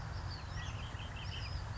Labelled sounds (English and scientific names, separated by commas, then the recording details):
Red-winged Blackbird (Agelaius phoeniceus)
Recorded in Sonoma County, California